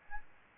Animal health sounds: mosquito wingbeat signal from an infrared sensor; Aedes albopictus

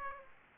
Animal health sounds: mosquito wingbeat signal from an infrared sensor; Aedes aegypti

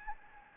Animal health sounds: mosquito wingbeat signal from an infrared sensor; Anopheles gambiae

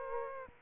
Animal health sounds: mosquito wingbeat signal from an infrared sensor; Aedes aegypti

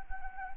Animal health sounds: mosquito wingbeat signal from an infrared sensor; Anopheles gambiae

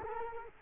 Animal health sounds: mosquito wingbeat signal from an infrared sensor; Culex quinquefasciatus

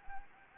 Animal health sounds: mosquito wingbeat signal from an infrared sensor; Anopheles gambiae

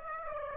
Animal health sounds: mosquito wingbeat signal from an infrared sensor; Aedes aegypti

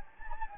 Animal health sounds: mosquito wingbeat signal from an infrared sensor; Anopheles gambiae

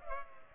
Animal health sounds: mosquito wingbeat signal from an infrared sensor; Culex pipiens

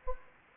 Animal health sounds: mosquito wingbeat signal from an infrared sensor; Anopheles gambiae

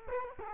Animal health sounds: mosquito wingbeat signal from an infrared sensor; Culex quinquefasciatus

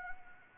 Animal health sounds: mosquito wingbeat signal from an infrared sensor; Anopheles arabiensis

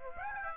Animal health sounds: mosquito wingbeat signal from an infrared sensor; Aedes aegypti

